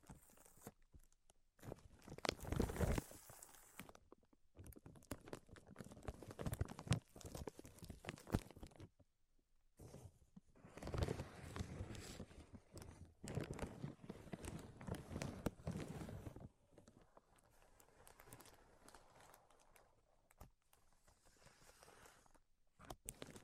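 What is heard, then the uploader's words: Tapping, scratching and tracing sounds come in dense bursts of crisp, crackly scraping, with quick taps scattered through. Louder stretches run from about 1 to 9 seconds and 10 to 16 seconds, split by brief silences. Softer, sparser rustling follows until the end. Tapping, Scratching, and Tracing Sounds.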